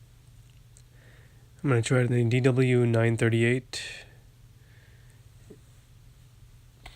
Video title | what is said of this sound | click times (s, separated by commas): FLAGPOWER 18v to 20v Battery Adapter for Dewalt (DCA1820) | there we go snaps right in now | 6.9 s